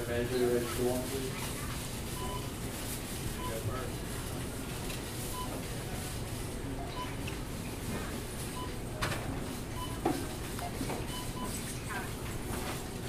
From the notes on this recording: Standing in an aisle at Food Lion on Plaza. Featuring the self-checkout machines, customers and grocery carts.